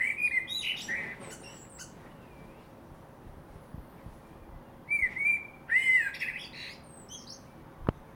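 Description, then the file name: Common blackbird singing two fluty, warbled phrases, each ending in a thin squeaky twitter, separated by a few seconds of quiet and a sharp click at the end. "Turdus merula"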